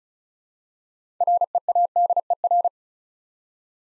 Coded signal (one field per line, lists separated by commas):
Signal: Morse code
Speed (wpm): 34 wpm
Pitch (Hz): 700 Hz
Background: none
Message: READER